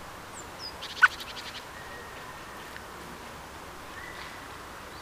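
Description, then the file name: Common blackbird giving one loud chuck amid a brief rapid chattering series, with thin high whistles just before. "Turdus merula"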